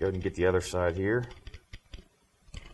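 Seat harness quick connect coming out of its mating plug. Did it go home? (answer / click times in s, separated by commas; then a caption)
released / 2.6 s. Someone talks while prying apart a plastic quick-connect wiring harness plug under the seat of a 2000-2004 Ford Mustang. The plug has a catch on each side, and one side is held open while the other is pried loose. After a few faint ticks, the plug unclips and comes free of its mating plug at 2.6 s.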